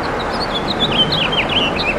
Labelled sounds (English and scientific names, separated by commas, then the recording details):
House Finch (Haemorhous mexicanus) song
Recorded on Long Island, New York, on 28 June 2012
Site SB
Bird B